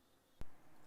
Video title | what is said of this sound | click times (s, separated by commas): How to use a Virnig Auger on an ASV RT40 Skid Steer | Then you take each line and press it into its corresponding coupler till it clicks. | 0.4 s